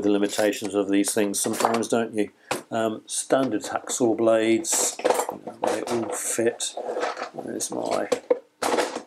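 Someone talks while handling a standard steel reciprocating saw blade, about to push it into the slot of a Toolan 8 in 1 Multi Saw folding handle, where it is meant to lock. Speech fills the clip, with faint metallic handling noises underneath. The blade has not seated or clicked into the handle yet.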